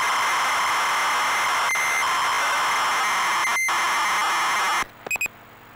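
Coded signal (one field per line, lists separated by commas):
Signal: ZX Spectrum tape loading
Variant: ZX Spectrum +2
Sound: harsh, steady rasping data noise for about five seconds, then silence with a few short beeps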